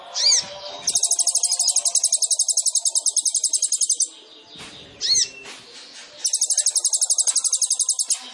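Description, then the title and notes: Sunbird song: swooping high notes followed by long, very fast buzzy trills, with a pause and another sweeping call between them. Indonesian masteran training recording for songbirds, with the bird singing actively (gacor) and full of isian and tembakan song phrases; meant as a lure (pancingan). "MASTERAN KOLIBRI NINJA FULL ISIAN DAN TEMBAKAN COCOK BUAT PANCINGAN. Suara Burung Kolibri Ninja Gacor"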